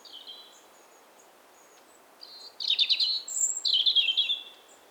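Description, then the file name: European robin giving a brief high note, then after a pause two sweet, tinkling, high-pitched warbled phrases in quick succession. "Erithacus rubecula 240917"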